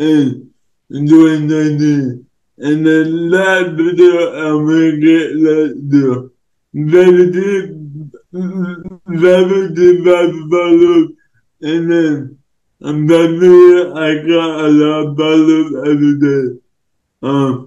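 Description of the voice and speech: Adult male with a disability speaking in connected narration, with dysarthria: slurred, imprecise consonants make many words hard to make out, and frequent pauses break up the speech.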